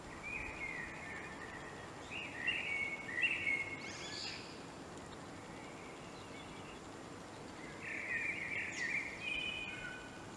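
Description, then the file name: Common blackbird song: a few short fluty warbles, some followed by a high thin twitter, with several seconds of hiss before the last one. "Turdus merula"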